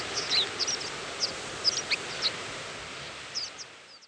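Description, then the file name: Horned lark flock calls: scattered thin, high tinkling notes from several birds over a steady broad hiss of background noise. "holaflok"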